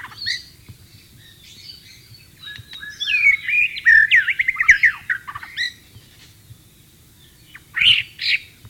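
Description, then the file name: White-rumped shama song, a short whistled opening, then a fast run of rich warbled and chattering notes, and a final brief burst after a pause. Wild bird, in the wild. "suara burung murai batu di alam liar"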